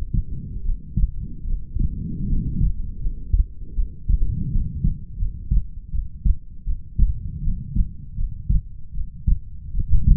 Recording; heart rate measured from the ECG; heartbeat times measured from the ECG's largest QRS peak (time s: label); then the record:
heart sounds by stethoscope; 79 bpm
0.62 s: heartbeat
1.45 s: heartbeat
2.26 s: heartbeat
2.99 s: heartbeat
3.74 s: heartbeat
4.49 s: heartbeat
5.17 s: heartbeat
5.90 s: heartbeat
6.64 s: heartbeat
7.41 s: heartbeat
8.15 s: heartbeat
8.92 s: heartbeat
9.72 s: heartbeat
From the record:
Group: healthy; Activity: rest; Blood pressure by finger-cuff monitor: 109/76 mmHg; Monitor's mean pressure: 86 mmHg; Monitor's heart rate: 78 bpm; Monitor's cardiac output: 5.7 L/min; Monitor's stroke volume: 72 mL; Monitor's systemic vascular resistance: 1100 dyn s/cm5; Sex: female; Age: 22 years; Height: 160 cm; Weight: 45 kg